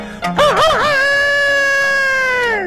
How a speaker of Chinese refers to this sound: 哎，有的个别家哎，还养活了两只鸡，这两只鸡也不搅闷，天天打鸣。